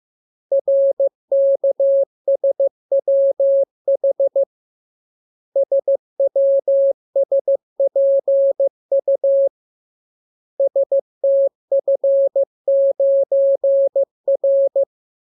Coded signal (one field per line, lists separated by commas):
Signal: Morse code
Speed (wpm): 15 wpm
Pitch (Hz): 550 Hz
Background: none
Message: RKSWH SWSPU STF9R